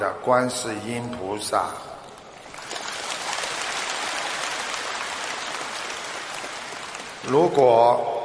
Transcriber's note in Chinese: 掌声